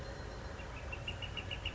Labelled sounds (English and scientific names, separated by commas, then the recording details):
Northern Flicker (Colaptes auratus)
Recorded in Sonoma County, California